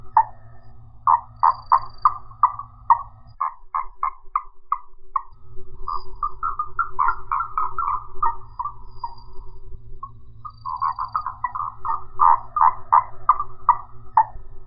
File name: Gastrotheca ovifera